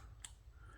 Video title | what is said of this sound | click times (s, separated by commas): TWOSUN TS303 Button Lock M390, unbox, disassembly and check-in... Great with a side of lock stick. | all right let's lock that so I don't cut my finger | 0.2 s